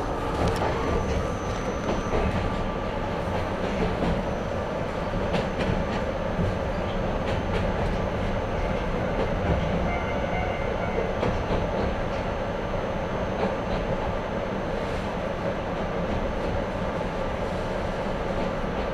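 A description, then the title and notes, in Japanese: A narrow-gauge train rolls along steadily, its low rumble and rattle holding an even level throughout. Faint tones and a thin whine ride above the running noise, with brief clicks and knocks from the wheels and car scattered across the whole ride. 四日市あすなろう鉄道 内部→日永→西日野→日永。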